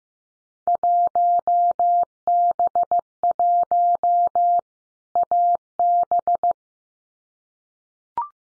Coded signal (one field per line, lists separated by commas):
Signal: Morse code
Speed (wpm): 15 wpm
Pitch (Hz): 700 Hz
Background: none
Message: 1B1 AB